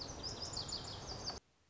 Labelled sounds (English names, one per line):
Lazuli Bunting